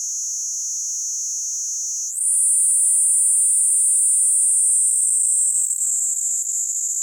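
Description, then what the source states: Kuroiwa's cicada song: a steady shrill buzz that steps abruptly up in pitch and loudness, then slowly slides back down. Recorded 19 April 2018.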